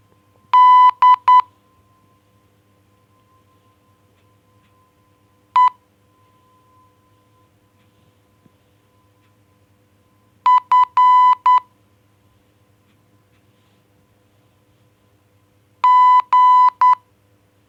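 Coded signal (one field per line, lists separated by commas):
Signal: Morse code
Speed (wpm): 9 wpm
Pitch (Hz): 1000 Hz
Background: none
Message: D E F G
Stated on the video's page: Morse for Pramuka scouting.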